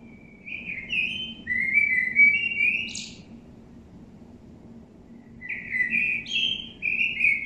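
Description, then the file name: Common blackbird song: rich, flowing whistled phrases with a brief high squeak, a pause, then another phrase begins. "Turdus merula"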